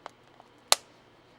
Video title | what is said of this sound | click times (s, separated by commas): Vinage Console Repair (Atari 5200) | You hear that nice click. | 0.7 s